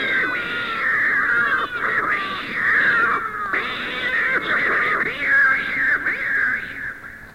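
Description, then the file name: Cat meowing: drawn-out, wavering calls follow almost without pause, sliding up and down in pitch, with a brief dip in loudness near three and a half seconds. "gatti cats"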